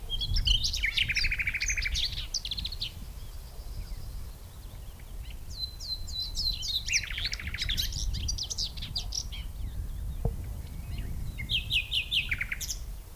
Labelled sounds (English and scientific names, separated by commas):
Common Whitethroat (Sylvia communis) song